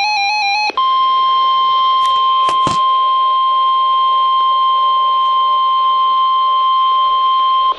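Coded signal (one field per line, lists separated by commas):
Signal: Emergency Alert System (SAME) tones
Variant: 1050 Hz attention tone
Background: music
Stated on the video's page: SAME tones of severe thunderstorm warnings issued by the NWS, recorded from a Radioshack 12-382 and a Midland WR-100 weather radio.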